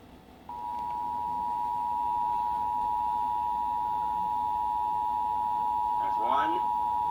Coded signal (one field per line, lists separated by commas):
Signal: Emergency Alert System (SAME) tones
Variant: 853 and 960 Hz attention tone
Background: speech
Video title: Shasta/Trinity's Required Monthly Test (EAS #1126-1134)